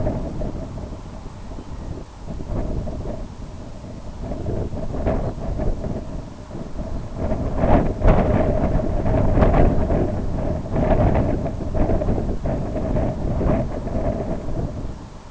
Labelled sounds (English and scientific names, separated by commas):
unidentified sound, Red Phalarope (Phalaropus fulicarius)